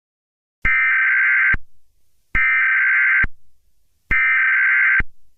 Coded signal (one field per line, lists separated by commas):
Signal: Emergency Alert System (SAME) tones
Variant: header bursts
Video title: eas scenario catemojibabyheat part 7